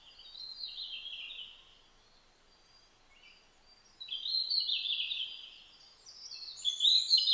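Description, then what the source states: Red-flanked bluetail giving short high warbled phrases, three bursts, the first two separated by a quiet gap of about two seconds with a faint lower note in it, the third following soon after the second. Recorded on 12 July 2009 at about 07:27.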